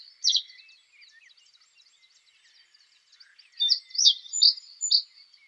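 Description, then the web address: Reed bunting song: a short high chirp, a pause of soft scratchy notes, then a loud burst of four or five sharp, high chirps in quick succession. "Schulze Peter Reed Bunting song"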